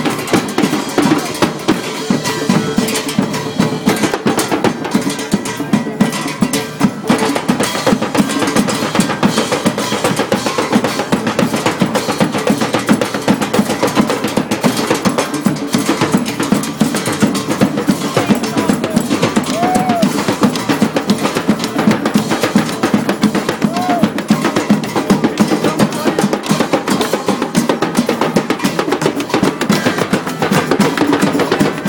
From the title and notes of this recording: A decent Occupy Wall St Drum Circle at Liberty Plaza, NY NY by MegRobertson.